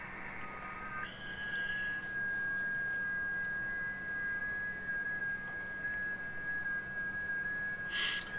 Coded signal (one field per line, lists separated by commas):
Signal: FT8